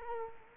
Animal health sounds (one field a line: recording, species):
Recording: mosquito wingbeat signal from an infrared sensor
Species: Culex quinquefasciatus